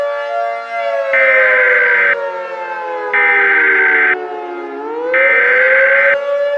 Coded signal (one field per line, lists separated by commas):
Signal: Emergency Alert System (SAME) tones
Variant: header bursts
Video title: Qubo (REMASTERED) - An EAS Scenario